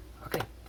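Pressing down on just the right side of a vacuum food sealer's lid engages its plastic latch, giving a short click at 0.3 s followed closely by a second sharp snap. The latch clicks in, but a piece of it breaks off right afterwards.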